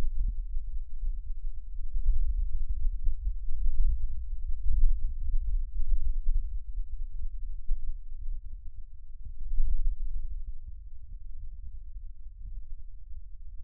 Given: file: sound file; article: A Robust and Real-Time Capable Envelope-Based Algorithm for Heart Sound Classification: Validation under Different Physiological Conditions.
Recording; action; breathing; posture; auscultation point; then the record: heart sounds by electronic stethoscope; rest; normal; sitting; centre of the back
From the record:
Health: healthy, no known heart disease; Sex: male